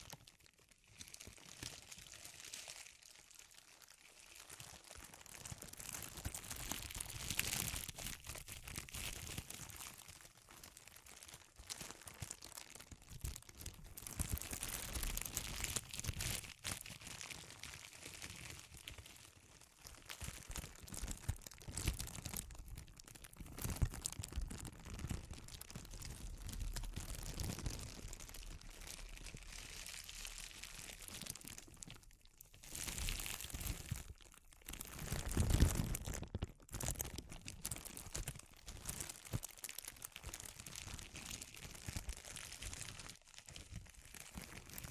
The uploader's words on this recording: ASMR Sensitive Crinkles (No Talking).